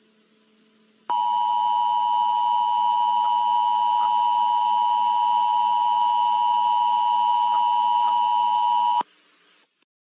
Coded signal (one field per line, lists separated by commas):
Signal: Emergency Alert System (SAME) tones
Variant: 853 and 960 Hz attention tone